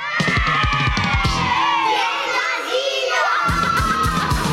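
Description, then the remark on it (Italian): A crowd of young kindergarten girls shouting and squealing noisily together, overlapping high-pitched cries and yells that stay loud and chaotic throughout, with no clear words. “Eh sì, perché come diceva il poeta, o meglio, parafrasando il poeta, le bambine dell'asilo stanno facendo casino.”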